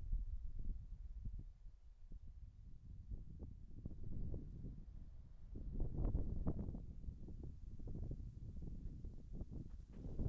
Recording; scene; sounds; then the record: everyday scene through a hearing-aid microphone; wind on the microphone; wind, birds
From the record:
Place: in front of a rural house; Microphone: behind the ear, right, rear